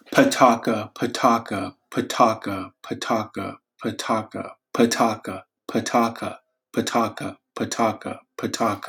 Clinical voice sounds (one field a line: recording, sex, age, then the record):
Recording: repeated syllables /pa ta ka/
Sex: male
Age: 30 to 39 years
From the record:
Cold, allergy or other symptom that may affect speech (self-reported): no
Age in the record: 30 years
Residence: Georgia, United States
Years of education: 14